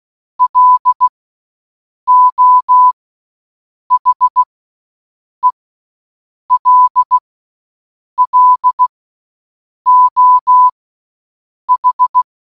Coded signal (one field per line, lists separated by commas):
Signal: Morse code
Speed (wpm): 16 wpm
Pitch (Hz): 1000 Hz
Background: none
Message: LO HELLO H